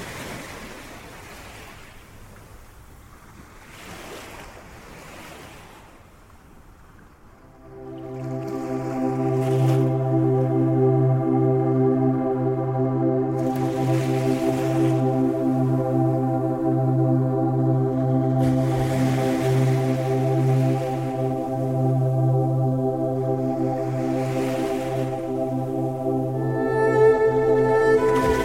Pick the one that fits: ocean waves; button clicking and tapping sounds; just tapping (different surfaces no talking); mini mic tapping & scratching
ocean waves